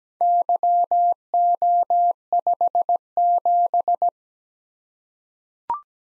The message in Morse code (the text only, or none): YO57